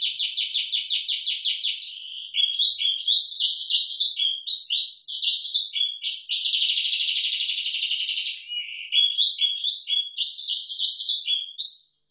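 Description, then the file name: Atlantic canary giving a rapid trill, then tumbling high phrases, a long buzzy rolling section, and more quick warbled notes. Indonesian "isian moza" song-tutor material. "suara kenari isian moza omkicau"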